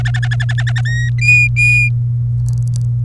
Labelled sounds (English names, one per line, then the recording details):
Domestic Canary song
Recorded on 27 April 2018 at 08:28
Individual llb3